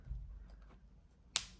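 A finished paper-cord crochet minibag is closed by pressing its press-stud clasp shut. After a quiet stretch, a single sharp, very short snap is heard at 1.4 s. The clasp snaps shut and seats.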